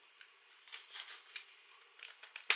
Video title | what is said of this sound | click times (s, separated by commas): Propel Star Wars Tie Advanced X1 Unboxing & Overview Video | and a on a it does take a little bit of pushing to put it on there but then it will just click into place | 2.5 s